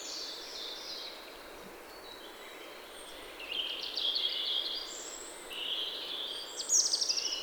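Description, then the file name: European robin song: thin, high warbled phrases that come in bursts after a quiet start, growing louder toward the end against a steady background hiss. "Erithacus rubecula"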